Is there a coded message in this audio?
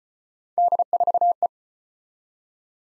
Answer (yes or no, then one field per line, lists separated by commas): yes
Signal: Morse code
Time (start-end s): 0.6-1.5 s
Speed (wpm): 34 wpm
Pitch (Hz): 700 Hz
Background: none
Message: D4E